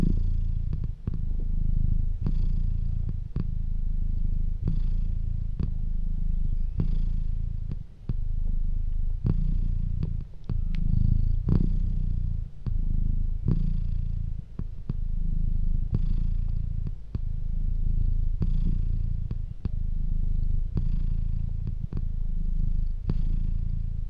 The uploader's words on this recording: Good cat boy Bilbo purring. This episode is now recorded in stereo for extra purring immersion!